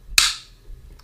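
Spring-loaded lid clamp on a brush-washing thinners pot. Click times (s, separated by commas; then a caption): 0.2 s. A spring-loaded clamp on a plastic brush-washing thinners pot is hooked onto the ridge at the top and pulled tight until it snaps into position at 0.2 s. The snap is a single sharp, loud, bright hit that fades over about a third of a second, followed by a faint tick near 1.0 s. The clamp is seated and holds the lid on.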